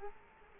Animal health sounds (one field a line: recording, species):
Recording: mosquito wingbeat signal from an infrared sensor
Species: Culex quinquefasciatus